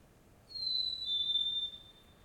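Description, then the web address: Bird giving a single clear high whistle in two parts, the second slightly lower, lasting about a second over soft background hiss. Solo bird calling in a Montreal suburb, Canada, early morning, with distant traffic passing by. "Nature in the City AMB SUBURB Solo Bird Call, Early Morning, Distant Traffic Passbys, Montreal, Canada"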